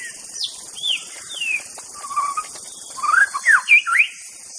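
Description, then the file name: White-rumped Shama song: scattered slurred whistles rising and falling, building to a cluster of loud sweeping notes near the end. Wild forest-dwelling bird. "suara muraibatu hutan. omkicau"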